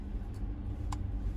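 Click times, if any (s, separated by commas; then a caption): 0.9 s. A small plug-in thermal camera accessory is pushed onto a smartphone's charging port through the phone case, and it snaps into place with one sharp click at 0.9 s. Low, steady rumble fills the background throughout.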